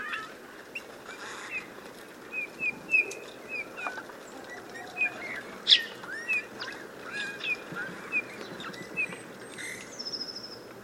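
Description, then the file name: Eurasian bullfinch piping brief clear whistles at irregular intervals, with some other faint sounds in the background. "Pyrrhula pyrrhula"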